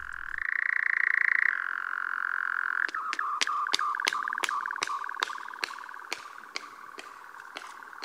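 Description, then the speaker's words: European nightjar wing clapping: sharp dry claps about two to three per second from about three seconds in, over a steady churring trill. Male's sound made while courting his intended female. "Hör här hur nattskärehanen gör som en del i uppvaktningen av sin tilltänkta hona."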